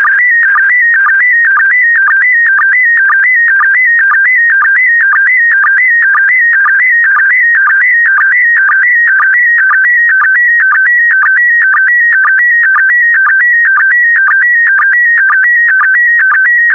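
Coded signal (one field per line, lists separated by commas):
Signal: SSTV (slow-scan television)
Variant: PD120 mode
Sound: steady warbling tone stepping between pitches, with a short low chirp about twice a second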